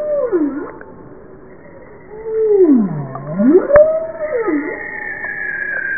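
Bowhead whale calls: three swooping U-shaped moans that drop low and climb back up, the middle one longest and deepest, over a faint steady underwater hiss.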